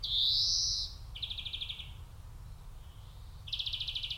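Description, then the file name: European greenfinch: a loud, long wheezy note opens, followed by rapid buzzing trills, the last one starting near the end; quiet low rumble beneath. "Chloris chloris"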